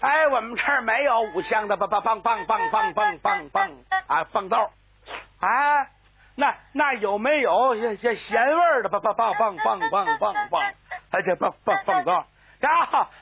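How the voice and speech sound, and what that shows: Mandarin comic speech imitating stuttering, voicing a shop clerk and an older uncle who both stutter, the uncle's stutter quite severe: rapid repeated syllables "bang, fang, fang, fang" and stretched sounds mid-phrase, broken by pauses.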